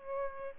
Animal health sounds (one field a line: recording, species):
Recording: mosquito wingbeat signal from an infrared sensor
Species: Aedes aegypti